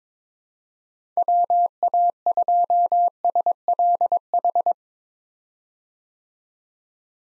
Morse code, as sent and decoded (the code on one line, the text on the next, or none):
.-- .- ..--- ... .-.. ....
WA2SLH